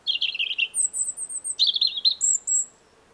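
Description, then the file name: European robin song: a warbled high phrase, then a thin very high whistle, then another twittering phrase ending in a high sustained note. "Erithacus rubecula"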